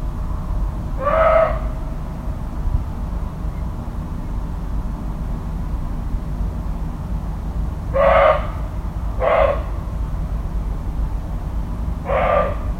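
Deer uttering four short, tonal calls at irregular gaps, each about half a second long, against a continuous low background rumble.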